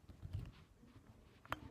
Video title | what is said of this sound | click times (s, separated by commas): Empire axe unboxing, teching, and review | and it pops right in not coming out | 1.5 s